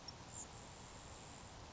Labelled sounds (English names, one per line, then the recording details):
Grasshopper Sparrow
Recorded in Sonoma County, California